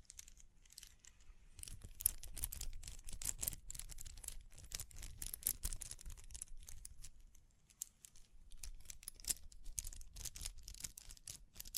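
Tapping, scratching and brushing sounds form a dense run of quick, crisp clicks and crinkly rustles, bright and irregular like fingertips on a hard surface. Busiest from about 2 to 7 seconds, the activity eases briefly near 8 seconds, then picks up again.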